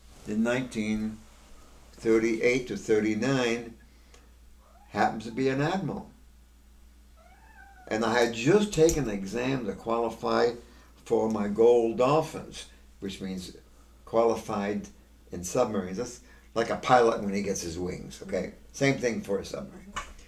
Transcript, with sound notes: 1938 or '39 happened to be an admiral. ( a cat is hearing meowing on the tape ) And I had just taken the exam to qualify for my gold dolphins, which means qualified in submarines, that's like a pilot when he gets his wings, okay, the same thing for a submarine.